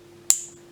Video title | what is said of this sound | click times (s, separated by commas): Garmin Retractable Lanyard | so you can see the way i'm pushing that in and you're going to hear a clip | 0.3 s